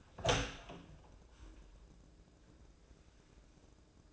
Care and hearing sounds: daily activity, microphone in the room; open door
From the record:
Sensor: 2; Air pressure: 1012.2 hPa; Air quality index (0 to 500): 159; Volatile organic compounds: 2 ppm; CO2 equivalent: 1163 ppm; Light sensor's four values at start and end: 385/960/390/409 and 380/948/385/404

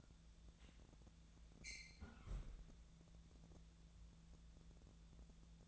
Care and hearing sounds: daily activity, microphone in the room; close fridge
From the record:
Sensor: 3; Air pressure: 1000.1 hPa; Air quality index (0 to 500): 132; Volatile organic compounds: 2 ppm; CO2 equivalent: 1178 ppm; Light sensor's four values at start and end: 42/107/45/50 and 42/107/45/50

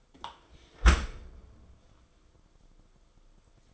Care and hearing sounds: daily activity, microphone in the room; close dishwasher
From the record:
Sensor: 5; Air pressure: 994.5 hPa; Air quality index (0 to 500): 194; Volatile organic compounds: 1000 ppm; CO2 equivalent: 5740 ppm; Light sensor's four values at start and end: 50/149/59/65 and 51/153/60/67

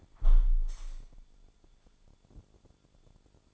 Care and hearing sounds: daily activity, microphone in the room; close window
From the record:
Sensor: 5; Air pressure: 1015.0 hPa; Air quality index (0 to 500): 97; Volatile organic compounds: 2 ppm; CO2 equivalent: 1042 ppm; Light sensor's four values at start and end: 35/80/32/31 and 35/80/32/31

